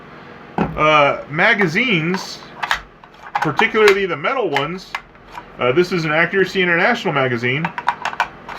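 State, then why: Not seated. A metal Accuracy International rifle magazine is pushed into the rifle's magazine well while someone talks, with sharp metallic contact sounds around 2.6–3.0 s and again from 8.0 to 8.6 s. The magazine fails to lock in, and nothing has seated or clicked yet.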